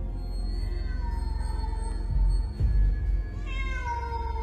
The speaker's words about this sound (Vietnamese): Rồi lại thêm một âm thanh ngoeo khàn khàn vọng tới. Trong bóng tối, cái bóng đen ngòm ngòm, nho nhỏ bò ra. Đôi mắt của nó rực lên, lóe lên một tia hoang dại.